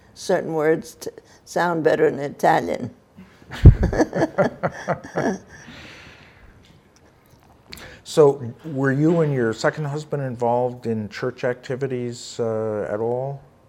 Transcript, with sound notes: Certain words t-- sound better in Italian. (both laugh)
So were you and your second husband involved in church activities at all?